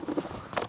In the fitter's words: And then you just press down until you hear a click.